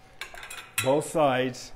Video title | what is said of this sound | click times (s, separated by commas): [New] Cellercise® was live | and just until they snap into place, | 0.2 s